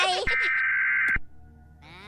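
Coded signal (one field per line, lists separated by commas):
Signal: Emergency Alert System (SAME) tones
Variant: header bursts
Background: speech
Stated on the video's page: Fictional analog horror EAS scenario, not a real alert.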